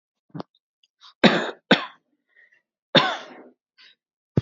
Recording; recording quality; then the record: shallow voluntary cough; excellent, no background noise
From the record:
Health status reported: healthy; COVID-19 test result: not tested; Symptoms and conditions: none ticked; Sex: male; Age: 39 years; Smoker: not ticked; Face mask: worn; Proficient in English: yes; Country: India